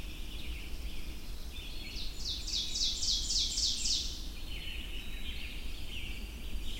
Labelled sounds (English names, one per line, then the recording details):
Ovenbird song
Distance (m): 40 m
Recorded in boreal forest in Alberta, Canada, on 22 June 2016 at 05:17
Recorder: SongMeter 3, array SBT-6-76
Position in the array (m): 150 m, 99 m
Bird 3